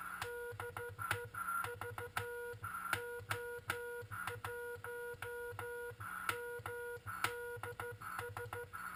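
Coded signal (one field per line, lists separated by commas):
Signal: Morse code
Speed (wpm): 13 wpm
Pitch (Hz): 480 Hz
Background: none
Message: DE VO1MDS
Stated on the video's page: QRP CW transceiver on 7.023 MHz.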